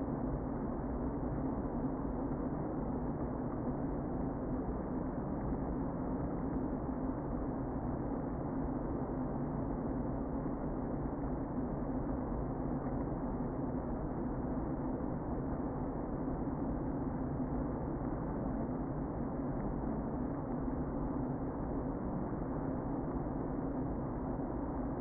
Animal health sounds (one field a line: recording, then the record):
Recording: honeybee colony, microphone inside the hive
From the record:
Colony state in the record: queen present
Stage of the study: before two queens were removed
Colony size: about 60,000 bees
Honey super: yes